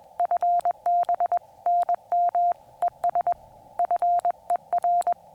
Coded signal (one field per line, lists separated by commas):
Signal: Morse code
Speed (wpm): 20 wpm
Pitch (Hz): 700 Hz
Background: none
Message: FB NM ES FER